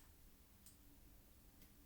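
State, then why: Seated. A plastic building brick is fitted onto a brick model out of view under a table. It snaps on with a sharp click at 0.7 s against a low background hum, and a second, fainter tick follows near 1.6 s. The brick is seated.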